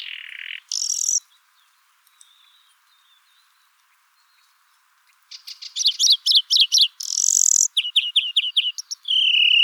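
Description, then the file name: European greenfinch giving two brief buzzy notes, a long silent pause, then rapid twittering trills and a nasal wheezy note, ending in a drawn-out note. "Chloris chloris"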